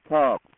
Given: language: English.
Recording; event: throat vibration sensor signal played as sound; speech